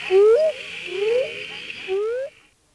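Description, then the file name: Northern spadefoot toad giving three upslurred tonal calls spaced about a second apart, backed by a constant buzzing insect band that stops near the end. "Notaden melanoscaphus"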